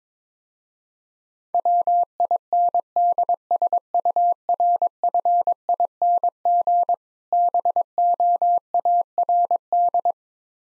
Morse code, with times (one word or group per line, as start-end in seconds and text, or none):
1.5-6.9 WINDSURFING
7.3-10.1 BOARD